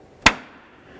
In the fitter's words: we'll go ahead and line this up press it down listen for a click